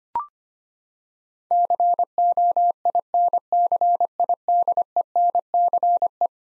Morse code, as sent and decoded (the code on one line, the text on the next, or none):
-.-. --- .. -. -.-. .. -.. . -. -.-. .
COINCIDENCE